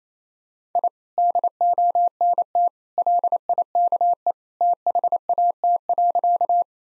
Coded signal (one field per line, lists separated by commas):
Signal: Morse code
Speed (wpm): 28 wpm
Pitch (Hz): 700 Hz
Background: none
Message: I DONT LIKE THAT.